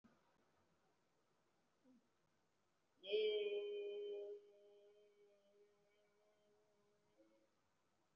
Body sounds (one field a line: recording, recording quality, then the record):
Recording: sustained vowel as in made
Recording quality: excellent, no background noise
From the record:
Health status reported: respiratory illness, not identified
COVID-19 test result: not tested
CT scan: not taken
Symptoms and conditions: breathing difficulty, fatigue, asthma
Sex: female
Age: 39 years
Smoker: no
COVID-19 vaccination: none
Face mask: worn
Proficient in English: no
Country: India